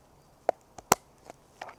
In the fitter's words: so click click click three clicks so now this is the shape of your diffuser